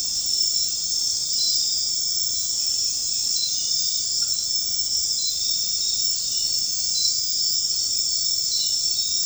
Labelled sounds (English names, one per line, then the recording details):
none
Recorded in secondary vegetation near Puerto Asís, Putumayo, Colombia, on 4 March 2025 at 01:00
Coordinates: 0.484, -76.319
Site G010